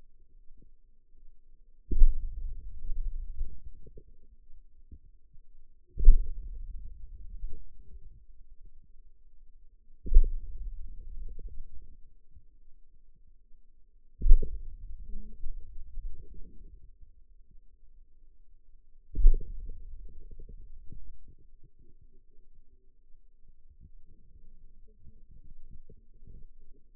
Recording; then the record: forearm muscle sounds (acoustic myography)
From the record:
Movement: hand opening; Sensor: system 2, bracelet of six BSWA MPA416 microphones around the upper forearm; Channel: 3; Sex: male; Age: 22 years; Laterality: right